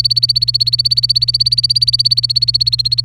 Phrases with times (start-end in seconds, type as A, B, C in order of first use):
0.00-3.04 A